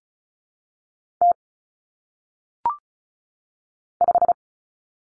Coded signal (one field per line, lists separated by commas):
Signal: Morse code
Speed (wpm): 36 wpm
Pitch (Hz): 700 Hz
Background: none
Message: T 5